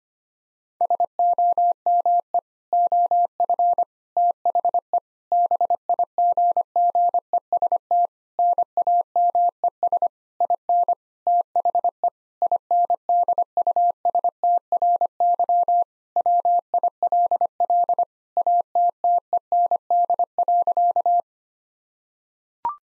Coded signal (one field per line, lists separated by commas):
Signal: Morse code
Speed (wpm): 25 wpm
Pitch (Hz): 700 Hz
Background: none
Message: SOME OF THE BIGGEST NAMES IN THE INDUSTRY WILL ATTEND.